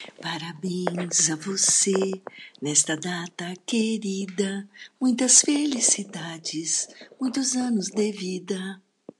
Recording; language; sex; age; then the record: short text; Brazilian Portuguese; female; 50 to 59 years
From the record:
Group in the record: control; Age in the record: 58 years